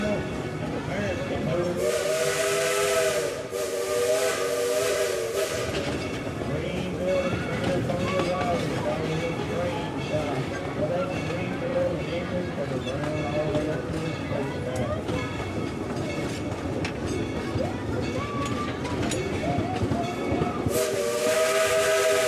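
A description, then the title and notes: A 1930s steam locomotive rumbles along at a steady level, its engine noise dense and continuous with a rhythmic clatter of wheels on the rails. Bright hissing bursts with held whistle-like tones rise around two to five seconds and again near twenty-one seconds. Climb aboard this charming 1930s steam locomotive that once traversed the mountains between Alaska and the Yukon. Listen to the chugging of the train engine and rhythmic clatter of wheels on steel rails.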